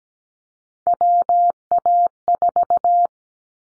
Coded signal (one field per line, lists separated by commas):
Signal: Morse code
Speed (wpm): 17 wpm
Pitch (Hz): 700 Hz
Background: none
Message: WA4